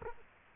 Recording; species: mosquito wingbeat signal from an infrared sensor; Culex quinquefasciatus